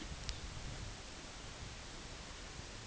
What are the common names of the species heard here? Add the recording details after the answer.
none. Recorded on Arctic tundra, site UTQI-8, on 10 June 2019. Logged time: 14:00